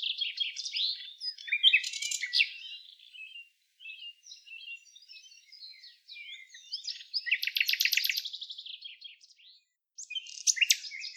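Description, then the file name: Common nightingale singing a busy mix of chirps and twitters, with dense rattling bursts around two and eight seconds separated by brief pauses. "Luscinia megarhynchos"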